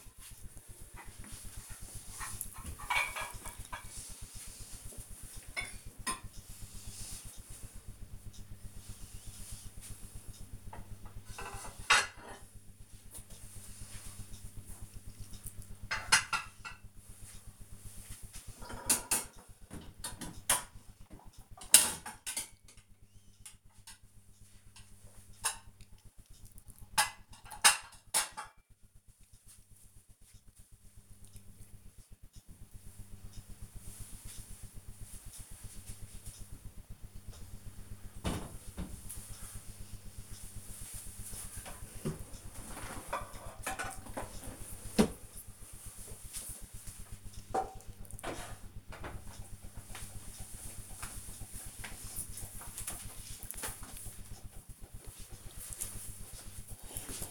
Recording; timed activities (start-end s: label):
household activities, microphone on the right wrist
none